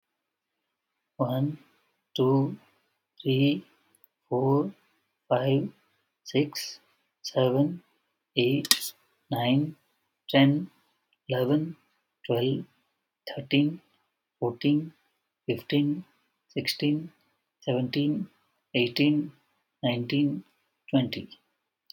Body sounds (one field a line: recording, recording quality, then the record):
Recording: counting at a normal pace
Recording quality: excellent, no background noise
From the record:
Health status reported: healthy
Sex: male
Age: 35 years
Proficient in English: no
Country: India